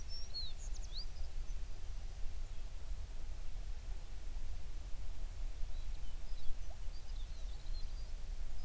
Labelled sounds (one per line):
songbird